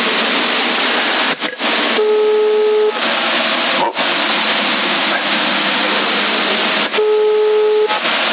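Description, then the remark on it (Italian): A phone rings twice with an incoming call, each buzzy tonal ring lasting about a second and spaced several seconds apart, over a loud, steady hiss with a faint humming tone between the rings. “Rispondi, ti stanno chiamando.”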